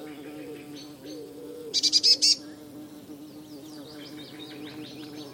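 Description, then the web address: Eurasian blue tit uttering one brief burst of five or six rapid, harsh, high notes amid a steady background of soft twittering birds. "cianscape birddata Deverinetal 2025 Bird Only Cy Ca"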